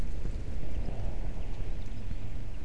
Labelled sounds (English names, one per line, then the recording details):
Common Chaffinch
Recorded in Germany
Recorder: ecoPi